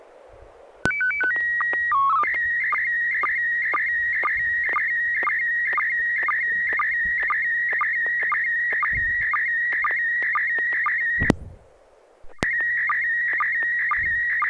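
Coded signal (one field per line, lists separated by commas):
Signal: SSTV (slow-scan television)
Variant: PD 120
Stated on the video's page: SSTV net held weekly on an FM repeater on 441.300 MHz in Sacramento, CA; images sent with MMSSTV 1.13A.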